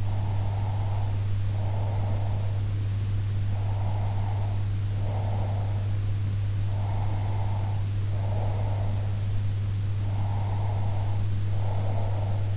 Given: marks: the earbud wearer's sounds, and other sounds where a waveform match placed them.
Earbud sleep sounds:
sounds in sleep by an in-ear microphone; breath
0.00-2.54 s: breath
3.57-6.03 s: breath
6.71-9.14 s: breath
10.00-12.57 s: breath

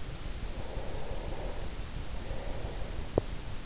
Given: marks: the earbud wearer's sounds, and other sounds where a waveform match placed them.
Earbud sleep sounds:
sounds in sleep by an in-ear microphone; breath
0.48-3.45 s: breath

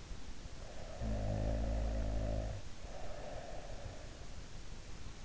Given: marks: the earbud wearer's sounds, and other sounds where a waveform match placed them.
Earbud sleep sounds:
sounds in sleep by an in-ear microphone; snoring breath
0.37-4.37 s: snoring breath

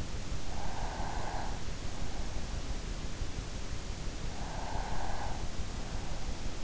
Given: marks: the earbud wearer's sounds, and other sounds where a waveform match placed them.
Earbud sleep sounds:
sounds in sleep by an in-ear microphone; breath
0.42-1.79 s: breath
4.25-5.68 s: breath

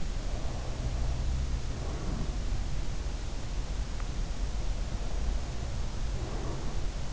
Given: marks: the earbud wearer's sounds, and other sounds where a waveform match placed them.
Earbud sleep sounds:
sounds in sleep by an in-ear microphone; breath
0.19-2.49 s: breath
4.98-7.12 s: breath

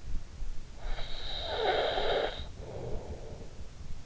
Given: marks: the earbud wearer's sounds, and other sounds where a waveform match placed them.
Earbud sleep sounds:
sounds in sleep by an in-ear microphone; snoring breath
0.14-4.06 s: snoring breath

